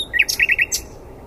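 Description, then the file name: Common nightingale song phrase: a short slurred note followed by three quick, evenly spaced chirps and a brief high flourish. "Luscinia megarhynchos"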